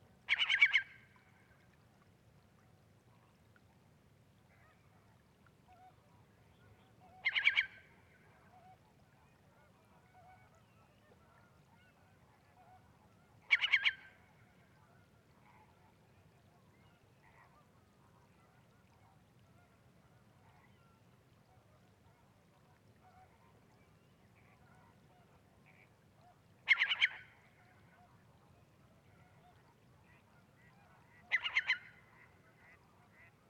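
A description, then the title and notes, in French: On a night, flamingos give loud, goose-like honking bursts roughly every six seconds, with a longer gap in the middle. Fainter, distant murmuring fills the spaces between, over a steady low rumble that runs throughout. Digue à la mer - La Gacholle - Mixp3 - cardio Mkh8040. Belle nuit de début de printemps où les murmures lointains des Flamants roses sont à peine perceptibles.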